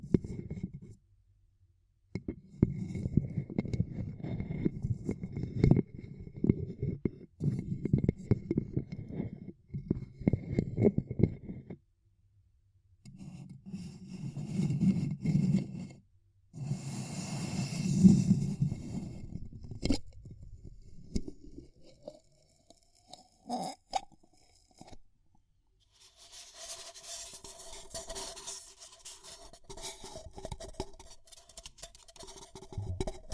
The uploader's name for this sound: Ear Cupping Triggers